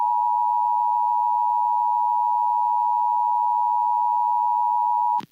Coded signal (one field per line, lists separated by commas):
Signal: Emergency Alert System (SAME) tones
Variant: 853 and 960 Hz attention tone